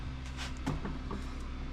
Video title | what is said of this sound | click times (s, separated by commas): FMS CESSNA UNBOX | they just kind of lock into place CU | 0.7 s, 1.1 s